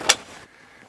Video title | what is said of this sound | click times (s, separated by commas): Connecting a towed vehicle to a motorhome. | and then this snaps in place and it's in so in other words this goes in | 0.1 s